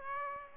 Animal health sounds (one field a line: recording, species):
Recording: mosquito wingbeat signal from an infrared sensor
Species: Aedes aegypti